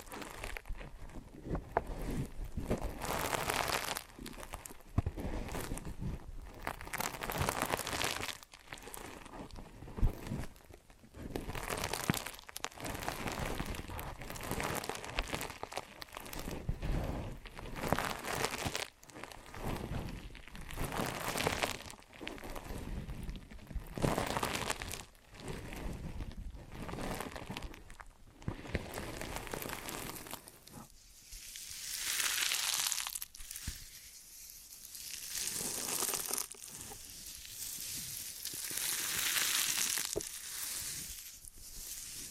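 Ear and scalp massage and cleaning, heard as dense crinkly rubbing and scratching with quick irregular strokes for the first thirty seconds. After that the sound turns into softer, brighter swishing sweeps that swell and fade every few seconds.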